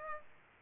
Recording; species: mosquito wingbeat signal from an infrared sensor; Aedes aegypti